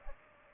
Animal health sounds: mosquito wingbeat signal from an infrared sensor; Aedes aegypti

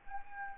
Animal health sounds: mosquito wingbeat signal from an infrared sensor; Anopheles arabiensis

